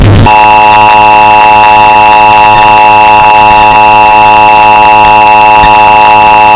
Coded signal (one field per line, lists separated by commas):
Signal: Emergency Alert System (SAME) tones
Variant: 853 and 960 Hz attention tone